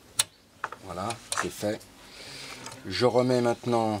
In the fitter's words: on va entendre le clip voilà